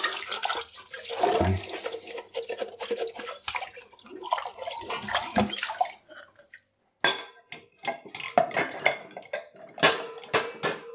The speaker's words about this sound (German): So, der Deckel ist auch. Ah, da ist noch ein Glas. Ich glaube, dann muss ich mich auch erstmal ganz abtrocknen machen, bevor ich hier weiter abwaschen kann.